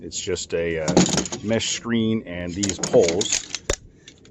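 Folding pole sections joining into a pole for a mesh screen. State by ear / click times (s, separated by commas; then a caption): seated / 3.7 s. Someone talks as the shock-corded folding pole sections of a mesh screen come out of a bag. The sections snap together into place like a tent pole, with one sharp snap at 3.7 s and a few faint ticks after it. The pole is seated.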